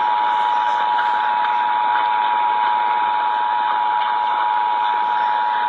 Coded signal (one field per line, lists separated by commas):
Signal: Emergency Alert System (SAME) tones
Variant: 853 and 960 Hz attention tone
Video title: More DXing... EAS Alerts from 4/8/20 (EAS 2379-2394)